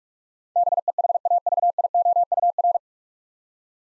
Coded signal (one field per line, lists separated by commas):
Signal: Morse code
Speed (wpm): 46 wpm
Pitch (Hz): 700 Hz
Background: none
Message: BEHAVIOUR